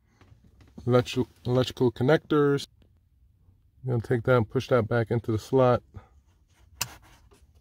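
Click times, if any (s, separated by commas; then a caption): 6.8 s. While reinstalling a Mercedes-Benz multifunction camera on a car, a wiring harness electrical connector is pushed back into its slot on the camera module as someone talks. A single sharp, loud click sounds at 6.8 s, and the connector is seated.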